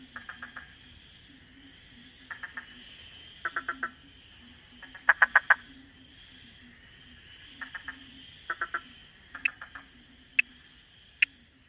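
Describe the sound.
Frog giving short clicking bursts in quick groups of two to four, alongside a soft low pulsing note repeated throughout.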